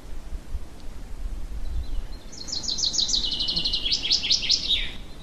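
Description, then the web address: Bird song: after two quiet seconds, a fast high trill of repeated chirping notes runs about three seconds, dropping slightly at the end, over a steady low rumble. Pine forest at Ardenno. "ardenno uccelli pineta"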